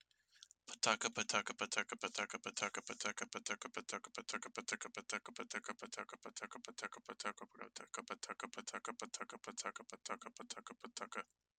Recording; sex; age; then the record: repeated syllables /pa ta ka/; male; 20 to 29 years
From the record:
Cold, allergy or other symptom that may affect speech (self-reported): no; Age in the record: 23 years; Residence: Indiana, United States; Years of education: 13